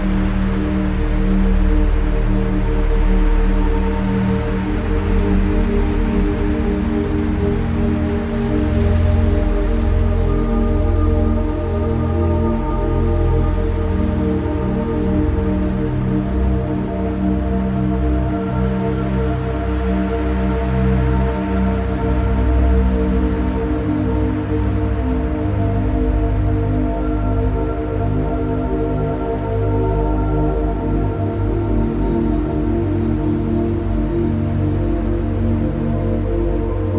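Slow, sustained music made of layered low tones that hold steady for the whole stretch, with a few higher notes drifting above. A soft airy wind sound swells gently around the ninth and twentieth seconds. The loudness stays even throughout.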